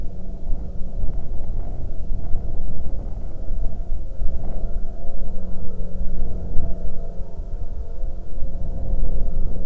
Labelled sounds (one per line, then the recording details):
bird
aircraft
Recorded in the Arctic National Wildlife Refuge, Alaska, on 15 June 2019 at 14:11
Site 33